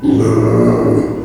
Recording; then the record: squeal of a Yucatan mini pig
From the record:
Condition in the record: before surgery on the right vocal fold (resection and tissue-engineered implant); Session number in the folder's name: 1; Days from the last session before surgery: -3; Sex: male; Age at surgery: 12 weeks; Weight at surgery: 13 kg